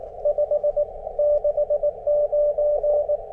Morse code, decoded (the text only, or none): 569